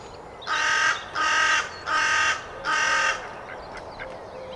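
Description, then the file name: Carrion crow uttering four hoarse caws in quick succession, followed by quiet with faint bird calls behind. "Corvus corone"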